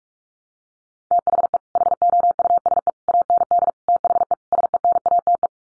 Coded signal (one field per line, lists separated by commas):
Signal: Morse code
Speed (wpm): 44 wpm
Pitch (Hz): 700 Hz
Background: none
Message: THE HOUSE AND THE SENATE